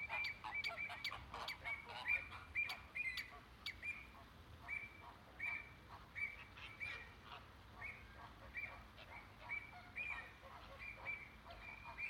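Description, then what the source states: Flamingo honks repeated roughly every half second, nasal and even, with a few sharp clicks early on. Captive flamingos in the flamingo enclosure at Bristol Zoo.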